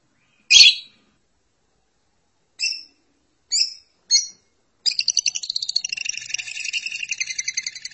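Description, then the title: Lovebird giving four sharp high chirps spaced apart, followed by a sustained rapid chattering warble of buzzy, squeaky notes. "BM Suara Burung Lovebird"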